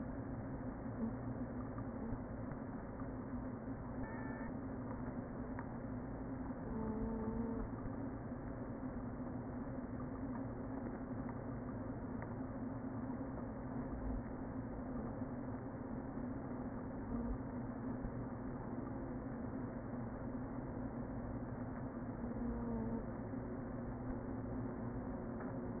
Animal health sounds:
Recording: honeybee colony, microphone inside the hive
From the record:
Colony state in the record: queen present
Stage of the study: before two queens were removed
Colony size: about 60,000 bees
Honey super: yes

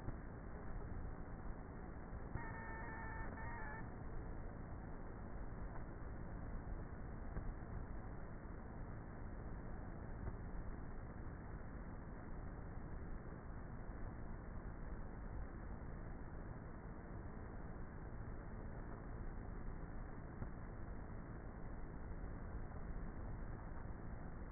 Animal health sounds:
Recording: honeybee colony, microphone inside the hive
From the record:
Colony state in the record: queenless with a low population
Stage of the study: before two queens were removed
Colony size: about 30,000 bees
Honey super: no

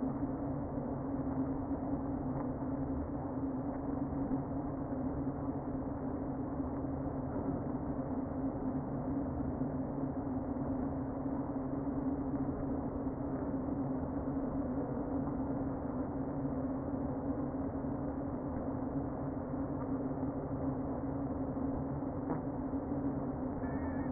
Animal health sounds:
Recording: honeybee colony, microphone inside the hive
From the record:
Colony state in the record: queen present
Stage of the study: before two queens were removed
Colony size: about 60,000 bees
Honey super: yes

